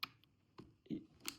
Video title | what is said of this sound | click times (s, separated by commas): ІНСТРУКЦІЯ НАЛАШТУВАННЯ ЦИФРОВИЙ НАЗЕМНИЙ КОМПЛЕКС PREDATOR EYES DIGITAL | до щілчка. Є. | 1.3 s